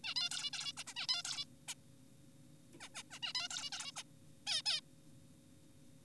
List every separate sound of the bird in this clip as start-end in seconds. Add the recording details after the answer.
0.04-0.14, 0.16-0.29, 0.31-0.50, 0.53-0.72, 0.77-0.84, 0.87-0.93, 0.96-1.07, 1.09-1.23, 1.25-1.45, 1.68-1.74, 2.81-2.89, 2.95-3.03, 3.11-3.19, 3.23-3.33, 3.35-3.48, 3.51-3.70, 3.73-3.92, 3.96-4.03, 4.47-4.62, 4.66-4.81. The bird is an adult. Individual g4p5U